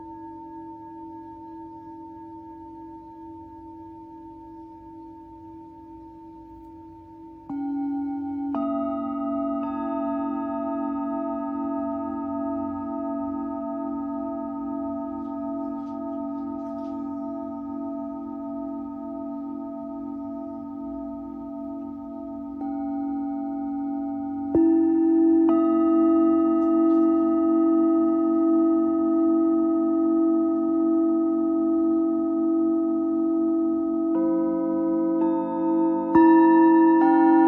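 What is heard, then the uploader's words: A Tibetan singing bowl hums with a steady, pulsing ring, swelling louder as new struck tones join around 8, 25 and 35 seconds. Tibetan Singing Bowl のサウンドヒーリングLIVE.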